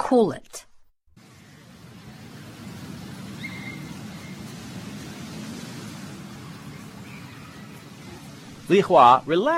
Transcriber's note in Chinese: Ambience sound on the beach